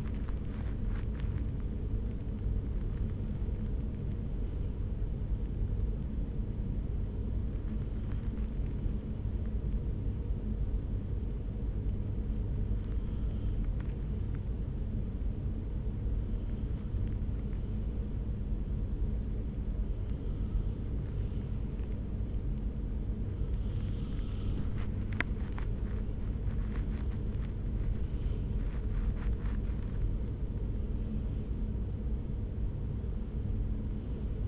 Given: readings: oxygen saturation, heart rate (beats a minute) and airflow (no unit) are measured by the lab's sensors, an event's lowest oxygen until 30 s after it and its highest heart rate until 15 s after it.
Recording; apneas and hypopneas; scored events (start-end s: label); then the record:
breathing in sleep by a smartphone at the bedside; none
0.00-13.00 s: awake
11.00-34.48 s: new sleep stage, N1 (lightest sleep)
From the record:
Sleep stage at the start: awake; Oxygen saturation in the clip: 93 to 96%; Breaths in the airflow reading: 9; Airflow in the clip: -4.6 to 4.9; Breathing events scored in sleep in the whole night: 335 in 6.7 hours asleep